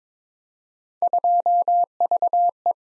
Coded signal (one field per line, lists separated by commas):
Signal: Morse code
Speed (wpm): 22 wpm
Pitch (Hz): 700 Hz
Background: none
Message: 2VE